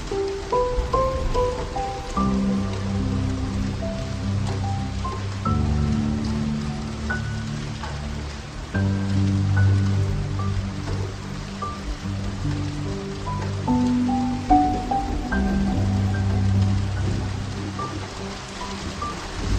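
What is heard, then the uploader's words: Rain hisses steadily under gentle piano music, with slow melodic notes above sustained low chords that swell and change every few seconds. 8 Hours Rain White Noise.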